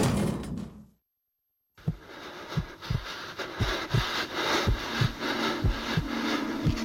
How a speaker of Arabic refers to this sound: فالمهم راح زقاني وراح تشد الباب ايه كده، قامت واخدة بعضها وقامت ماشية.